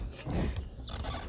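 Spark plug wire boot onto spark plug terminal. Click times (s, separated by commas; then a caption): 0.6 s. A spark plug wire's rubber boot is pushed onto the terminal of a new spark plug on an EZ-GO ST, with rubbing handling noise. A sharp snap is heard at 0.6 s as the boot seats on the plug.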